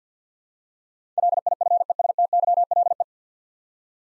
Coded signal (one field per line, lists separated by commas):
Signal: Morse code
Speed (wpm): 50 wpm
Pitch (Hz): 700 Hz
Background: none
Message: LIFESTYLE